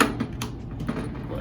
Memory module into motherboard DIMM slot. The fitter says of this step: it's actually not a very satisfying click with this one and